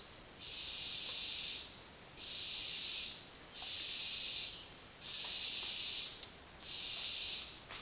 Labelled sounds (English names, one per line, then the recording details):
none
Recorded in dense forest near Puerto Asís, Putumayo, Colombia, on 18 February 2024 at 10:00
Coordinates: 0.466, -76.327
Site G6413